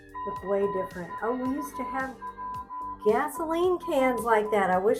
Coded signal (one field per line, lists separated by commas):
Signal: Morse code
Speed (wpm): 15 wpm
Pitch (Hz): 1000 Hz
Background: speech, music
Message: K4PEL